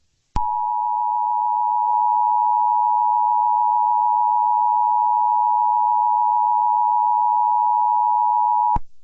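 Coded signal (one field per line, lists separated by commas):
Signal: Emergency Alert System (SAME) tones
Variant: 853 and 960 Hz attention tone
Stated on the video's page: Fictional EAS scenario, software-made with text-to-speech and recorded via Bandicam.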